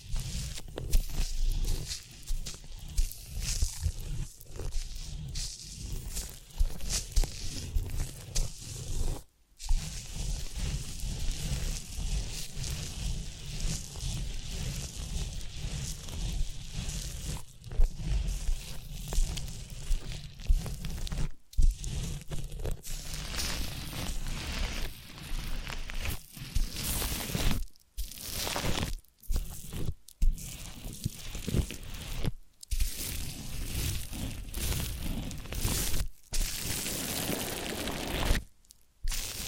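Ear cleaning and massage sounds: dense, steady scratching and rubbing, broken by brief silent gaps, more frequent in the last fifteen seconds.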